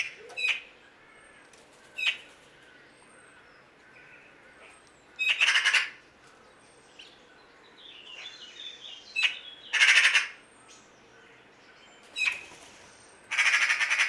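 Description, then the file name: Eurasian magpie giving harsh, noisy chattering bursts at irregular intervals, with fainter high chirps from other birds between them. "Pica pica"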